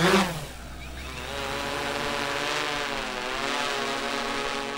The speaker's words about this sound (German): Ja, die Drohne fliegt jetzt zum Startpunkt, fliegt dann die Fläche ab, die wir vorher definiert haben und macht alle 4 Sekunden ein Bild, senkrecht nach unten.